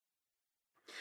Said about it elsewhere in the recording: You can hear sneezing, it's my cat. Don't worry, she's going to the vet this afternoon.